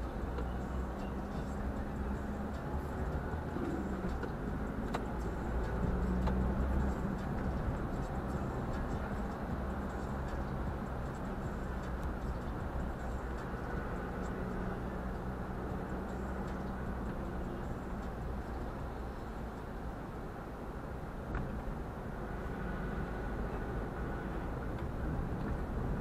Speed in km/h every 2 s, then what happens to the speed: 27, 33, 38, 44, 46, 46, 44, 46, 45, 42, 39, 39, 40.
0-7 speeds up to 46. 7-26 steady at about 44.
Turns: none.